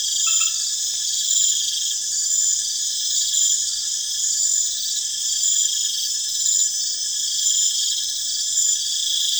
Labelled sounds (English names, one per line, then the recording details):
none
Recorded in pastures near Puerto Asís, Putumayo, Colombia, on 25 June 2025 at 20:30
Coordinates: 0.502, -76.324
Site G010